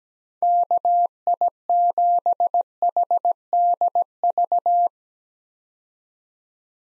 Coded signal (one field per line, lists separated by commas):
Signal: Morse code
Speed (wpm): 17 wpm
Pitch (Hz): 700 Hz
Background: none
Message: KI7HDV